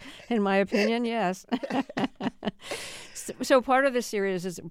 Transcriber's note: laughter